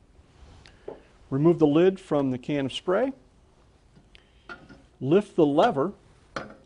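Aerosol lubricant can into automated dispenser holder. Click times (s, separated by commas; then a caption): 6.4 s. An aerosol can of cleaner lubricant, with its lid removed, is pushed firmly into an automated dispenser with the lever lifted while someone talks. Small handling taps come at about 0.7, 0.9, 4.2 and 4.5 seconds. A sharp, ratchet-like mechanical click at 6.4 s marks the can locking in place.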